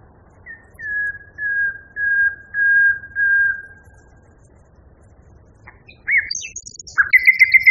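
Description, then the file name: Common nightingale song with five drawn-out slurred whistles, then after a pause a burst of varied notes leading into rapid repeated chips. Song variation. "kicauan nightingale b variasi. omkicau"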